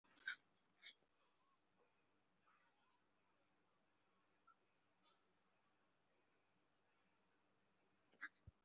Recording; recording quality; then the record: deep breathing; moderate, slight background noise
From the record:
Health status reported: recovered from COVID-19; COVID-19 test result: positive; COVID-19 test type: RT-PCR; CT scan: not taken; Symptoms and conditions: cold, asthma, another condition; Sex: male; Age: 19 years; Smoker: no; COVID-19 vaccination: one dose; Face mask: worn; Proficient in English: yes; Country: India